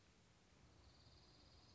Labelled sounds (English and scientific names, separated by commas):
Dark-eyed Junco (Junco hyemalis)